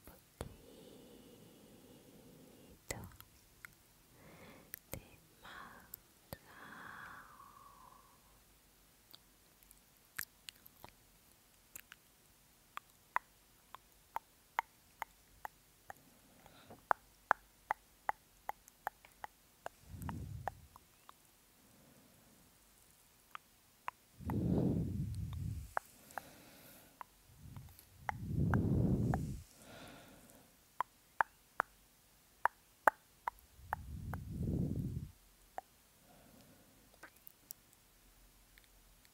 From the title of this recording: ASMR Mouth Sounds